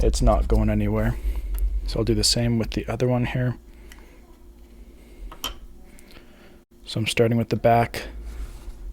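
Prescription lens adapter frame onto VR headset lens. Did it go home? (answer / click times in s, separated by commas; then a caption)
no / none. A plastic HonsVR prescription lens adapter frame for the Meta Quest 2 is handled onto the headset's lens, starting at the back edge before being pushed toward the front. Someone talks over faint handling ticks around 3.9, 5.4 and 6.0 seconds, then talks again. Nothing has seated or clicked into place yet.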